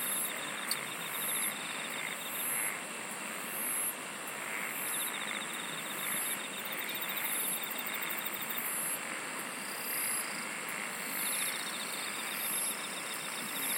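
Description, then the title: Insects chirping in steady pulsed trills, several overlapping at different pitches, with a constant high whine and a broad hiss throughout. "SINGING OF INSECTS"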